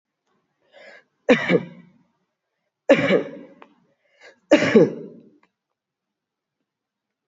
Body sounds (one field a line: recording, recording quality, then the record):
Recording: heavy voluntary cough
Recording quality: excellent, no background noise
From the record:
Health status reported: healthy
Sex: male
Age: 42 years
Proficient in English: yes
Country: India